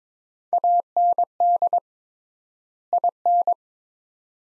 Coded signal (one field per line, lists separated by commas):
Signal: Morse code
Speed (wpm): 21 wpm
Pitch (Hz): 700 Hz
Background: none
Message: AND IN